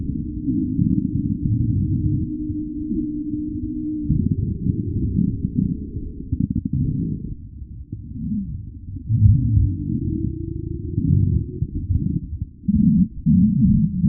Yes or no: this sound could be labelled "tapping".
no